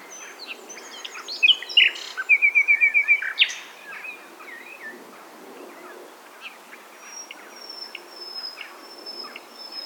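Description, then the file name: Common nightingale song: a short burst of rapid, sharp repeated notes and trills in the first four seconds, then quieter scattered notes and a thin high whistle. "Luscinia megarhynchos"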